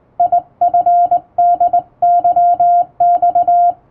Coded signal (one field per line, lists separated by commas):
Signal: Morse code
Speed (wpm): 21 wpm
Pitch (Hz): 700 Hz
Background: music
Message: IFDYX